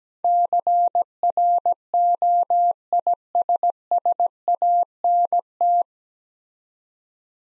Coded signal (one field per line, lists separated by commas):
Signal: Morse code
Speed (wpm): 17 wpm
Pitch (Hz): 700 Hz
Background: none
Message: CROISSANT